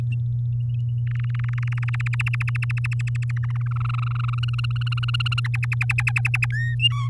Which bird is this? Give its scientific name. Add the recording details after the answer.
Serinus canaria. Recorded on 10 May 2018 at 17:10. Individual llb16